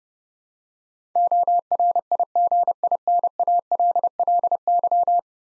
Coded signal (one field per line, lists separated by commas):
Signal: Morse code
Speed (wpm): 31 wpm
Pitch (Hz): 700 Hz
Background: none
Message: ORIGINALLY